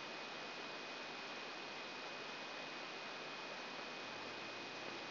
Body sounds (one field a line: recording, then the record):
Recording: brain microelectrode recording played as sound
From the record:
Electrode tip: outside the subthalamic nucleus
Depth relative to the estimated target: 4 mm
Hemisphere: right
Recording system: AlphaMap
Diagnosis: Parkinson's disease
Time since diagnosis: 9 years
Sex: male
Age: 68 years